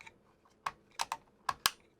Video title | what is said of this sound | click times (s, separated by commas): Upgrade Your Gaming Rig with the MSI MPG B650 Carbon WiFi Gaming Motherboard! | snap right in. | 1.5 s, 1.7 s